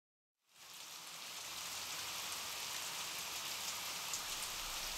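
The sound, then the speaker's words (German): Steady rain pours down on the streets of Berlin on a cloud-covered September day, a dense, hissing patter that swells in after a brief silence and holds at an even, fairly loud level with no voices. “Die Stadt empfängt ihn wolkenverhangen, Regen trommelt auf die Straßen.”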